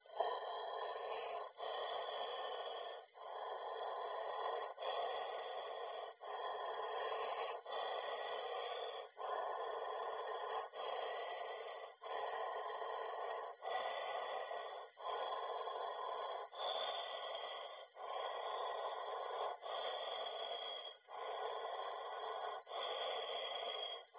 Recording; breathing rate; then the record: paced breathing near a phone; 20 breaths a minute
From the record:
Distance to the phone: 20 cm